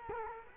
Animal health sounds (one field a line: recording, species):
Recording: mosquito wingbeat signal from an infrared sensor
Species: Culex quinquefasciatus